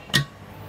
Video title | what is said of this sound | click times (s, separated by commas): Honda GX35 (clone) grasscutter clutch problem and cleaning | nag-lock na siya yan Okay na yan basta | 0.2 s